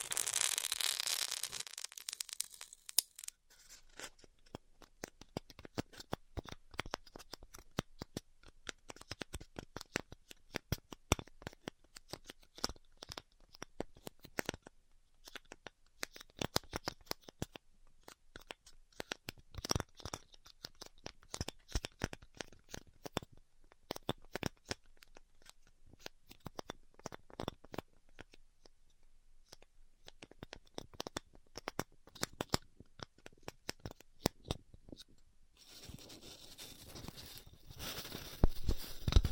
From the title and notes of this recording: ASMR Styrofoam Heat Cutting (No Talking).